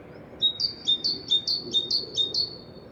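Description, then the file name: Great tit: high, clipped double notes in a quick even run of several, ringing and metallic, with soft background rumble. "Parus major"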